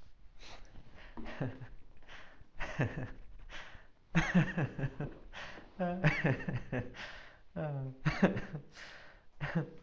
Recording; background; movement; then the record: laughter; quiet; sitting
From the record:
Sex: male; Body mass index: 20.5 kg/m2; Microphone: on the chest, facing outward